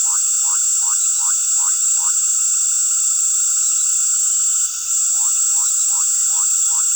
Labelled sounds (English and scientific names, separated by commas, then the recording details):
none
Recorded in pastures near Puerto Asís, Putumayo, Colombia, on 20 February 2024 at 19:00
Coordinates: 0.466, -76.323
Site G6384